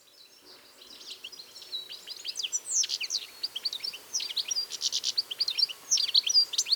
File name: Carduelis carduelis